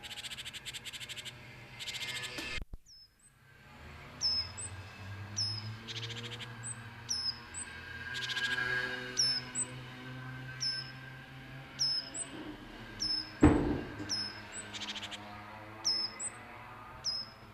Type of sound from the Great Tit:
call